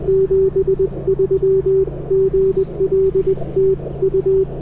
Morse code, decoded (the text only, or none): 73 GL TU